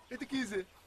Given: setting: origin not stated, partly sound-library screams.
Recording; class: one-second piece from a danger detection set; normal situation